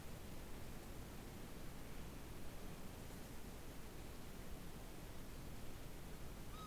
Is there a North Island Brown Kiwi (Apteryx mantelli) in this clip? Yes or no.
no